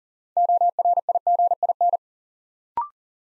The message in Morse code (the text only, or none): ORIGIN